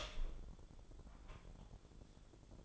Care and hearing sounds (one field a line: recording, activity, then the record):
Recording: daily activity, microphone in the room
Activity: open door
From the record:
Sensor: 5